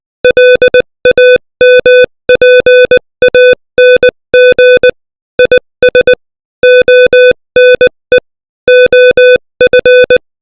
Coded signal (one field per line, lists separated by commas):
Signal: Morse code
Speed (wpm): 20 wpm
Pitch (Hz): 500 Hz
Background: music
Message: LAMPANG IS ONE OF